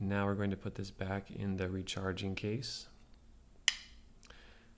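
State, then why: Seated. Someone talks as a Bose Sleepbuds 2 earbud is put back into its recharging case. It seats with a single sharp clack at 3.7 s, followed by a few faint ticks, and the earbud is in place in the case.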